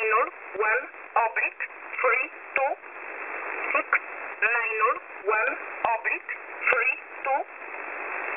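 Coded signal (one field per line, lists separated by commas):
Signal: numbers station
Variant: E11a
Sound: short spoken words read out in a row over a hissy radio channel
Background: radio static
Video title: E11a Message 06/03/2023 1045 UTC 10200kHz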